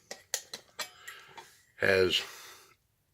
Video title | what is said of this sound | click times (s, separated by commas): March load out old gear new gear | steel pot got a flip over vet bail locks into place | 0.3 s